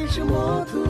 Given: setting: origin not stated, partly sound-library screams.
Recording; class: one-second piece from a danger detection set; normal situation